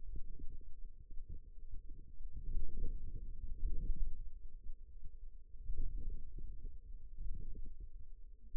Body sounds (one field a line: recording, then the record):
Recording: forearm muscle sounds (acoustic myography)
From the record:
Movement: outward rotation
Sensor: system 2, bracelet of six BSWA MPA416 microphones around the upper forearm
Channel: 3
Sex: female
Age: 21 years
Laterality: right